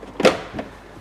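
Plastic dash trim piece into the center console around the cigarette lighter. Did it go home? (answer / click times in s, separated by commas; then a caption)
yes / 0.2 s, 0.6 s. A plastic dash trim piece on a 2001-2005 Honda Civic is pushed back into its mounting spot in the center console around the cigarette lighter during reassembly. It gives a sharp click at 0.2 s and a smaller one at 0.6 s, and the trim piece seats in place.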